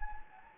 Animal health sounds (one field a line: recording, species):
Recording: mosquito wingbeat signal from an infrared sensor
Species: Anopheles gambiae